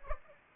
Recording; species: mosquito wingbeat signal from an infrared sensor; Aedes aegypti